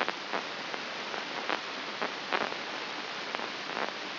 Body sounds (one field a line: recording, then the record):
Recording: brain microelectrode recording played as sound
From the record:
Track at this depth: outside the subthalamic nucleus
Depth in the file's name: 6.669 mm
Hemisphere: left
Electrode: 2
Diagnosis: Parkinson's disease